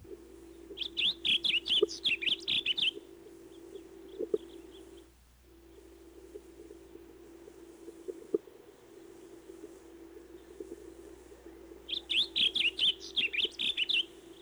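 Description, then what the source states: Blue Grosbeak song: two bright, warbled phrases of quick notes, one at the start and one near the end, with a steady low hum underneath. Fairly common in open rural areas; sings a gentle, melodious, warbling song.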